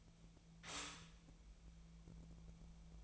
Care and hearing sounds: daily activity, microphone in the room; stop toaster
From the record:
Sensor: 1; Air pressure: 1000.3 hPa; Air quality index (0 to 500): 159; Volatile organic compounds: 3 ppm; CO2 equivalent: 1485 ppm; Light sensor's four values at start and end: 27/69/29/34 and 27/68/29/34

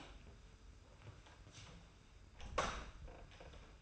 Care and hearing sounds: daily activity, microphone in the room; close door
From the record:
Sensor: 2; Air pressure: 991.5 hPa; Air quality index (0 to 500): 150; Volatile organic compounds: 448 ppm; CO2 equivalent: 4746 ppm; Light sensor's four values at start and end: 31/93/36/34 and 31/93/36/34

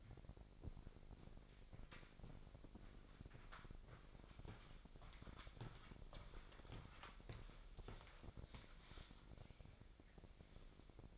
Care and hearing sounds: daily activity, microphone in the room; walk to room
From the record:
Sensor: 5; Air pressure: 999.5 hPa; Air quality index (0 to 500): 216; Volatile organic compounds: 19 ppm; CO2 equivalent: 2641 ppm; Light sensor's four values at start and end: 35/80/32/31 and 32/69/29/29

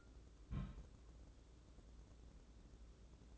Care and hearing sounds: daily activity, microphone in the room; place on stove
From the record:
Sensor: 3

